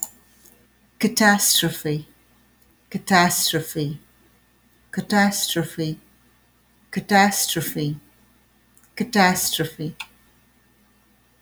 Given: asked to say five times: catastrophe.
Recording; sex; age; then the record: repeated word; female; 40 to 49 years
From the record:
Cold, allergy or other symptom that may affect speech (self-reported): no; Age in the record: 48 years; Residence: Michigan, United States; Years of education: 16